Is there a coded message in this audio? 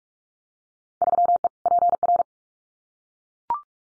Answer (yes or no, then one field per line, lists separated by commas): yes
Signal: Morse code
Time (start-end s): 1.0-2.2 s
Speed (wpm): 44 wpm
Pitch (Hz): 700 Hz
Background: none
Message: 3E PR